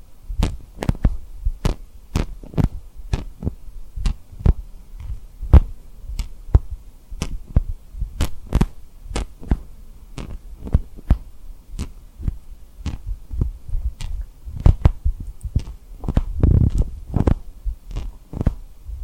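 Tapping and rubbing on rhinestones, with sharp clicking taps that each carry a soft, low thump beneath them. The taps arrive in an uneven but steady run, roughly two per second, bunching together and growing heavier around sixteen to seventeen seconds.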